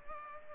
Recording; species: mosquito wingbeat signal from an infrared sensor; Culex pipiens